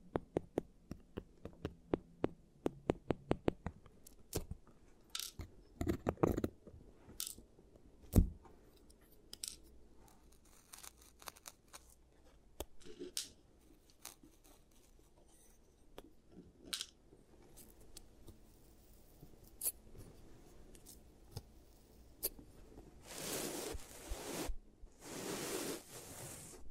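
Dental-style ASMR sounds for treating giant teeth: a fast run of sharp clicks and taps opens the first four seconds, then scattered crisp snaps and scrapes follow at irregular intervals. Near the end, longer bright rasping bursts around 23 to 26 seconds.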